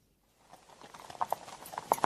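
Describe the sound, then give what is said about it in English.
The hooves of two horses clip-clop in a steady, uneven patter of sharp knocks that swell from quiet to fairly loud over a couple of seconds, with no voices. “See, both horses are ready.”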